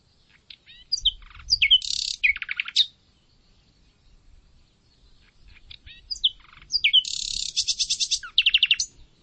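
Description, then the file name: Common nightingale song with two phrases, each building from scattered chips and whistles into a loud, harsh buzzy rattle and a rapid trill, separated by a quiet gap. "Luscinia megarhynchos"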